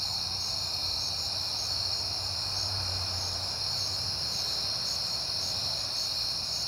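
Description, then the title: Crickets produce a high, steady chorus with regularly pulsed chirps on top, while a low rumble swells and fades beneath. Crickets recorded at night in September on a peaceful night, with passing cars. "Night Time: Crickets and Passing Cars"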